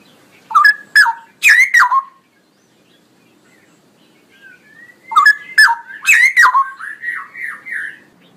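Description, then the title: Straw-headed bulbul song: powerful bubbling whistles in two loud bursts, the second ending in a run of wavering notes. Male, singing loudly and energetically with long rolling phrases. "Cucak ROWO Jantan GACOR Suara Lantang ROoo EL Panjang"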